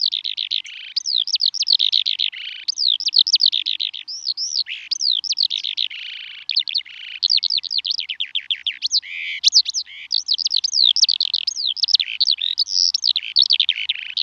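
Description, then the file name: Eurasian skylark song, a long, unbroken stream of rapid, high, chirruping and warbling notes, varied and tumbling, with only brief pauses. "alouette des champs"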